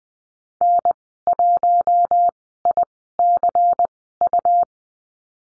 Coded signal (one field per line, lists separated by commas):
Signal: Morse code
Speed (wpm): 20 wpm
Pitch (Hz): 700 Hz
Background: none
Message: N1ICU